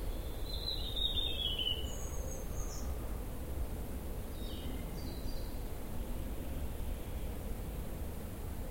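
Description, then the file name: Common chaffinch: a few high, thin, slightly falling notes in the first three seconds, fainter notes near five seconds, over a steady low rumble. "Fringilla coelebs"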